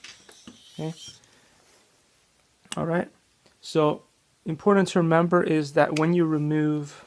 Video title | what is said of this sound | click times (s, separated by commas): Alpha 1 pro Ubitech how to replace servos and remove white body armor shell eBay Walmart Amazon bots | so turn it until it snaps out and there you have it yes | 0.0 s